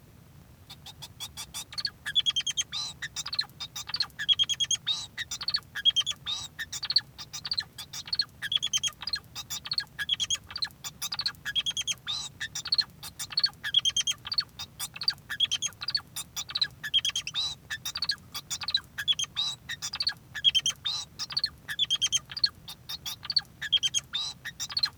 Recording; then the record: song of a male Bengalese finch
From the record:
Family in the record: son of father 2